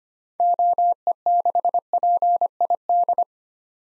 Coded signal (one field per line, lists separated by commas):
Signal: Morse code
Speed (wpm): 25 wpm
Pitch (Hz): 700 Hz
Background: none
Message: OE6PID